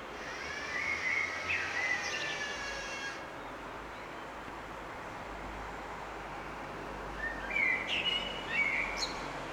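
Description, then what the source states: Bird chirps and trills in two separate bursts, early and late, with continuous traffic noise filling the gap between them. Recorded on a back road in the city of Munich in spring.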